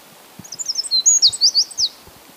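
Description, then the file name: Eurasian wren giving a high-pitched burst of sharp chirps building into a run of loud, downslurred notes, lasting about a second and a half. "Troglodytes troglodytes"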